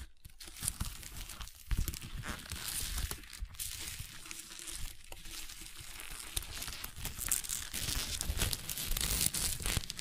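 Crunchy slime is squeezed and worked, making dense crackling and crinkling that runs almost without pause for the whole stretch. Sharp pops and snaps stand out near the start, around two seconds and around five seconds, over a soft, steady low rustle underneath.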